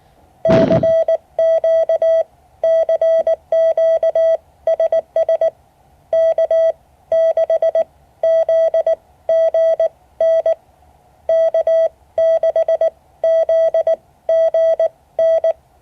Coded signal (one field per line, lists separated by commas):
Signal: Morse code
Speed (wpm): 19 wpm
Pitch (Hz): 650 Hz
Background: none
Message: CQ CQ SS K6ZGN K6ZGN